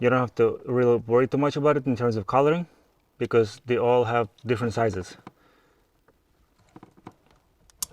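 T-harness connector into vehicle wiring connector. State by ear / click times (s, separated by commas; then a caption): seated / 7.8 s. Someone talks, then a gray plastic T-harness connector is pressed into the vehicle wiring connector during a key-ignition remote engine starter install on a 2016–2020 Kia Optima. Faint handling clicks come from about 6.8 to 7.7 seconds. A sharp latch click at 7.8 seconds shows the connector is seated.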